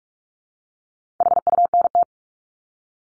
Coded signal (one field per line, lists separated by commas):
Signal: Morse code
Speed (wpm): 44 wpm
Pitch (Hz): 700 Hz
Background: none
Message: HUNT